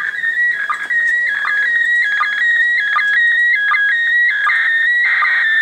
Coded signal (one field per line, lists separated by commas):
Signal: SSTV (slow-scan television)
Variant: PD 180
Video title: ISS space station experiment op SSTV